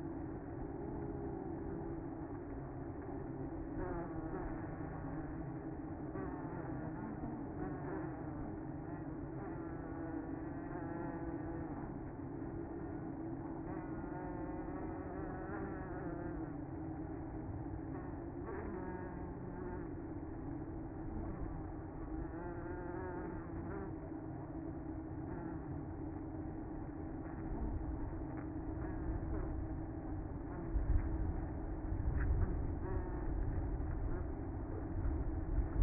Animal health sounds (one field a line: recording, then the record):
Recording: honeybee colony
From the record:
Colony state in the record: active